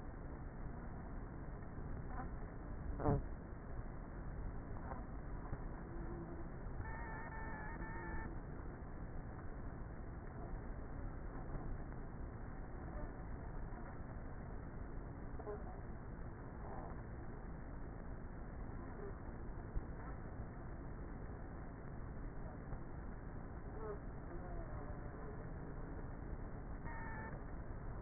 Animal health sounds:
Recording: honeybee colony, microphone inside the hive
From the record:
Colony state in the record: queenless with a low population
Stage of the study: before two queens were removed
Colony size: about 30,000 bees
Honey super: no

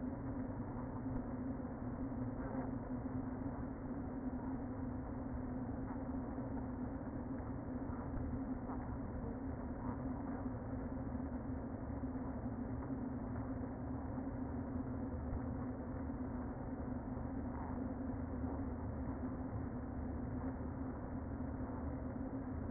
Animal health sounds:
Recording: honeybee colony, microphone inside the hive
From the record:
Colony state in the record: queen present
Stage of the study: before two queens were removed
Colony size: about 60,000 bees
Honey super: yes

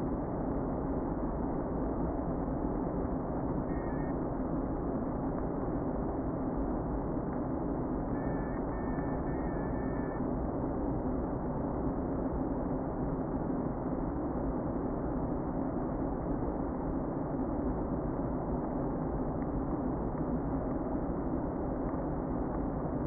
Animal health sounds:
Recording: honeybee colony, microphone inside the hive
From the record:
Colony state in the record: queen present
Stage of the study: before two queens were removed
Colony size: about 60,000 bees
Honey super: yes

